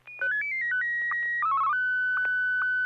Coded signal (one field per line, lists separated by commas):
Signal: SSTV (slow-scan television)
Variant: Martin 1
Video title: N6NA SSTV Net - 12/03/2025